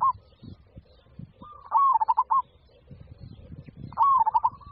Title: Suara Burung Perkutut